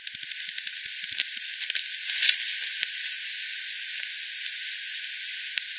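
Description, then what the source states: Bats giving sharp ticking pulses, a quick regular series early on, then scattered ticks over a steady hiss. Multiple bats at Hogsmill River, Hogsmill Lane, 7 October 2020, 18:10; recording FD10-processed, band-pass filtered and resampled.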